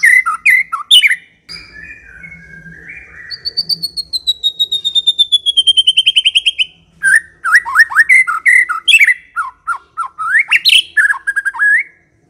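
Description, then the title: White-rumped shama song with whistles, a long high descending trill, then fast varied slurred and chattering phrases. Lure meant to provoke a fierce, aggressive white-rumped shama. "Pancingan Murai Batu Galak"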